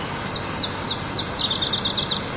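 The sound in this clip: Iberian chiffchaff song: three high, sharply falling notes spaced evenly, then a quicker run of several short chipping notes on a slightly lower pitch, with a steady background hiss.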